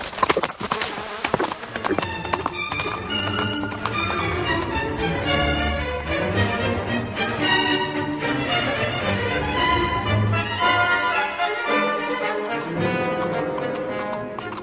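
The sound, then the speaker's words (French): The hooves of a panicked horse bolting with its rider down a street gallop in a steady, driving rhythm beneath a thick, continuous buzzing drone like swarming flies, the whole sound dense and fairly loud throughout, with no voices. “La puanteur était si épaisse que le cheval fut pris de panique et frit de mort aux dents.”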